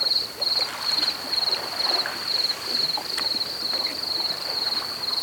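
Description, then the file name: Cricket song: a shrill pulsed trill broken into regular chirps, roughly two a second, with light ticking sounds in the background. Recorded at Cala Tuent. "Insectes -Grills-a-Cala-Tuent"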